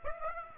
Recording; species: mosquito wingbeat signal from an infrared sensor; Aedes aegypti